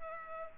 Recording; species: mosquito wingbeat signal from an infrared sensor; Culex pipiens